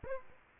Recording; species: mosquito wingbeat signal from an infrared sensor; Aedes aegypti